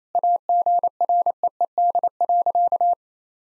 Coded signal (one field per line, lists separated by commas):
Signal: Morse code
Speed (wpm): 28 wpm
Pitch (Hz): 700 Hz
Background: none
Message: AGREED.